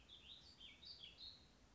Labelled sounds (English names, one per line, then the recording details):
Warbling Vireo
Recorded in Sonoma County, California